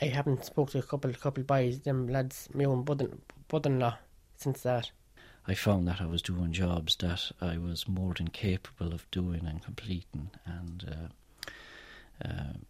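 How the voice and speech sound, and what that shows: Low-pitched male speech with word and part-word repetitions and stretched sounds: stuttering in an adult man who stammers quite badly.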